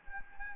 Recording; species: mosquito wingbeat signal from an infrared sensor; Anopheles arabiensis